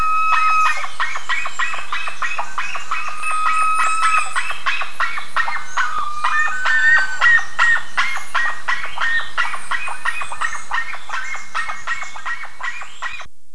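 Bird calls: dense chorus of short, clipped chirps and a few thin whistled notes, slowly fading toward the end.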